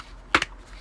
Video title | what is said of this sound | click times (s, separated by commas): Teenage Mutant Ninja Turtles RETRO Pizza Thrower Video Review | you can kind of hear a click, but you can see that those levels kind of mean that, like, | 0.4 s